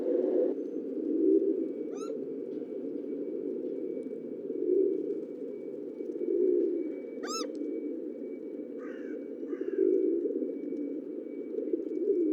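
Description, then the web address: Pigeon cooing, low and continuous with soft swelling phrases, broken by a few brief higher calls from another animal. "sound Columbidae"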